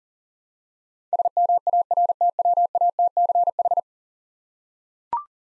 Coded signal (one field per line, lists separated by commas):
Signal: Morse code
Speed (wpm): 40 wpm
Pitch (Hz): 700 Hz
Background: none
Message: SMARTWATCH